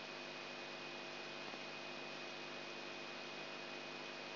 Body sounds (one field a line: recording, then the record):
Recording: brain microelectrode recording played as sound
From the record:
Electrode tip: outside the subthalamic nucleus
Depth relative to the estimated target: -8 mm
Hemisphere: left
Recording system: AlphaMap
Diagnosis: Parkinson's disease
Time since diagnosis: 8 years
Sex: male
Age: 59 years